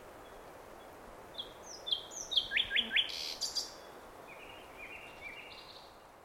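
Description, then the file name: Common nightingale song, fairly quiet: whistled notes, a rapid run of sharp chirps, then softer repeated phrases over steady hiss. "Luscinia megarhynchos"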